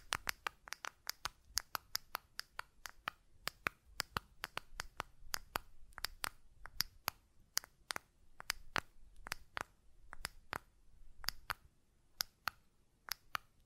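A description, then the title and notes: Sharp button clicks and taps come in quick irregular bursts throughout, crisp and bright, with a faint low rumble. ASMR Button Clicking and Tapping Sounds (No Talking).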